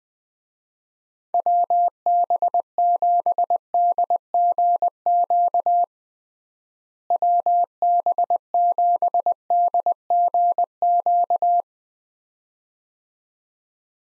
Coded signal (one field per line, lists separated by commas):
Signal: Morse code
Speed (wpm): 21 wpm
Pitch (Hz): 700 Hz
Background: none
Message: WB7DGQ WB7DGQ